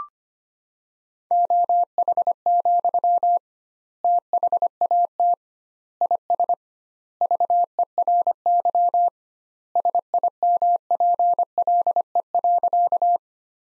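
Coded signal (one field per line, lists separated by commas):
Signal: Morse code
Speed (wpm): 25 wpm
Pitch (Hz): 700 Hz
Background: none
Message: OH, THAT IS VERY SIMPLE.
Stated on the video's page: Morse practice sentences built from the 500 most common words, sent at 25 wpm with double word spacing, a word-level analogue of Farnsworth spacing.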